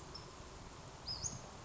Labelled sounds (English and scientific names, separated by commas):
Western Flycatcher (Empidonax difficilis)